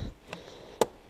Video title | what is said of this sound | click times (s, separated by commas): 330D E90 231CV STAGE 2 320CV ÉPISODE #1 CONTRÔLE VOLET DE COLLECTEUR ADMISSION | éclipsé on entendu le clic ici | 0.8 s